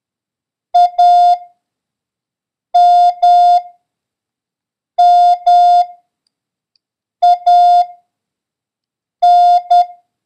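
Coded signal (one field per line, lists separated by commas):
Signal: Morse code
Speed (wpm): 10 wpm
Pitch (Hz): 710 Hz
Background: none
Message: AMMAN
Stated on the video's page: Morse code lesson drill covering the letters M, A, N and the number 0, with a random run of letters.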